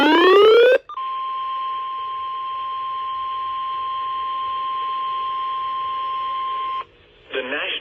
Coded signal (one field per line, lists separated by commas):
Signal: Emergency Alert System (SAME) tones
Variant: 1050 Hz attention tone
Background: speech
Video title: WWG49 Severe Thunderstorm Warning with relays from KTJJ & KDBB. 7/30/25 EAS #466-468